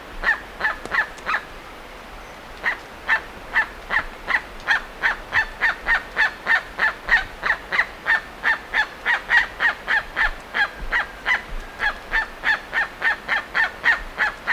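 Bird uttering grating calls in a fast series, about three a second, with a brief pause early and then nonstop repetition.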